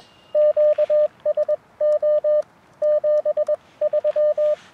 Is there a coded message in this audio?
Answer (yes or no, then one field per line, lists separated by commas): yes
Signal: Morse code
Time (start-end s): 0.4-4.5 s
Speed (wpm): 21 wpm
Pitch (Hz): 600 Hz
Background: none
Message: QSO 73